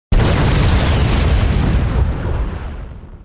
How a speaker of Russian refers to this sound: Земля вздрогнула от взрыва. Как при извержении вулкана, пылающие столбы появились высоко в небе. Практически все бронированные машины взорвались одна за другой. Взрывная волна подняла сильную пыльную бурю.